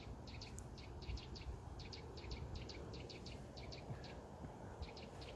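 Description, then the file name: Bird calls: thin, high ticking notes, often doubled, repeated steadily several times a second over a loud low rumbling background. "fugl"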